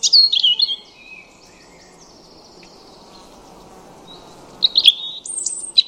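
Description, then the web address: European robin song: a loud, high warbling phrase, then softer high notes and a quiet spell before another loud, twittering burst. "Deverinetal 2025 File origin Bird Only Er Ru"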